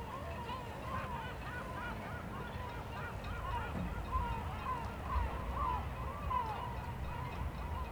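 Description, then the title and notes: Gulls calling repeatedly in short arched cries over steady low wind rumble. A group of gulls circling and crying in the sky above a basin of the Grand Port of Aix-les-Bains, France, in a north wind. "70 Bd Robert Barrier, 73100 Aix-les-Bains, France - Goelands dans le vent. Au bord d'un bassin du Grand Port d'Aix-les-bains , le vent du Nord souffle et fait sonner les mats des bateaux en arrière plan , dans le ciel un groupe de goelands tournoie en criant"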